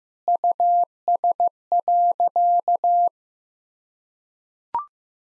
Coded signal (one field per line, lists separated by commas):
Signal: Morse code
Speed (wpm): 15 wpm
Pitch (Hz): 700 Hz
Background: none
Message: US.